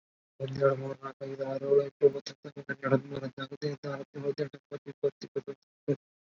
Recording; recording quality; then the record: counting at a fast pace; moderate, slight background noise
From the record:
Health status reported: COVID-19 positive, moderate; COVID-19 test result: positive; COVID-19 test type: RT-PCR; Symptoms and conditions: cough, sore throat, fever, fatigue, muscle pain, loss of smell and taste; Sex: male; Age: 25 years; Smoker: no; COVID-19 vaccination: both doses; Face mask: worn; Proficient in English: no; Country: India